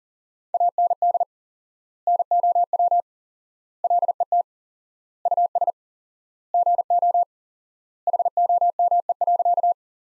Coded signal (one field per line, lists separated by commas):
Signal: Morse code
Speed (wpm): 40 wpm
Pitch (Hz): 700 Hz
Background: none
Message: AND NOW LET US GO HOME.